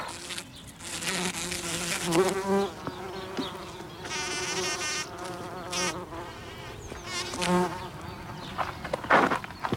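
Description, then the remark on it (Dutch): A bumblebee buzzes steadily for about ten seconds among flowers in an organic vegetable garden, its low droning hum wavering in pitch and loudness as it moves around, with a few brief rustling bursts mixed in. “Waar is nog een hommel die mee wil werken?”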